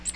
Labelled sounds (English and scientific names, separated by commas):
Magnolia Warbler (Setophaga magnolia) flight call